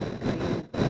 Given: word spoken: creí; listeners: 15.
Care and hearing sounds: one Spanish word in noise, from a listening test; noise modulated by three-talker babble; -5.9 dB; 2 of 15; 6 of 15; 0.49 s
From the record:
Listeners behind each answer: 6, 2, 1, 1, 1, 1, 1, 1, 1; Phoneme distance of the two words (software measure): 17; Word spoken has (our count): 2 syllables, 4 phonemes, stress on syllable 2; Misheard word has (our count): 2 syllables, 5 phonemes, stress on syllable 2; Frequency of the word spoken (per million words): 13.82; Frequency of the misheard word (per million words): 51.31

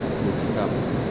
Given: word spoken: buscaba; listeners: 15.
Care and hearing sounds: one Spanish word in noise, from a listening test; speech-shaped noise; -4.5 dB; 3 of 15; 9 of 15; 0.71 s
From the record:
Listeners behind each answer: 9, 3, 3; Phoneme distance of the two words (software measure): 27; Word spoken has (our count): 3 syllables, 7 phonemes, stress on syllable 2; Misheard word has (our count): 3 syllables, 8 phonemes, stress on syllable 2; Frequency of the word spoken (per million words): 18.82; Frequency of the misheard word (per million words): 5.73

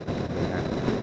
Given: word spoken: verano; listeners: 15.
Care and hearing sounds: one Spanish word in noise, from a listening test; noise modulated by three-talker babble; -6.3 dB; 1 of 15; 6 of 15; 0.63 s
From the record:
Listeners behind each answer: 6, 1, 1, 1, 1, 1, 1, 1, 1, 1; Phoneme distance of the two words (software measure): 37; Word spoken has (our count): 3 syllables, 6 phonemes, stress on syllable 2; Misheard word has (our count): 2 syllables, 5 phonemes, stress on syllable 2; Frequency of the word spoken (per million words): 84.53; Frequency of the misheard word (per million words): 49.50

